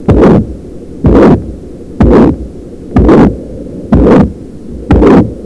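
A child's heart heard through a stethoscope: a regular heartbeat near 62 per minute with a harsh murmur filling systole, a holosystolic murmur.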